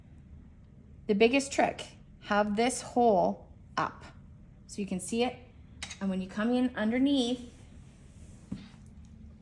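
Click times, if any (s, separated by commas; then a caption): none. A bobbin case is brought in underneath an industrial sewing machine and lined up with the rotary hook while someone talks. Only faint handling sounds follow near the end. Nothing has seated or clicked yet.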